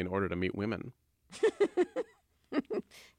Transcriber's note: laughter